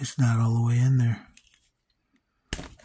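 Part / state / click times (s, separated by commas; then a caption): action figure hand peg out of wrist joint / released / 2.5 s. Someone talks, then a few faint ticks follow as the not-fully-seated plastic hand of a Jada Universal Monsters The Wolf Man action figure is pulled off its wrist joint peg. A sharp pop at 2.5 s marks the hand peg coming out of the wrist, released far too easily.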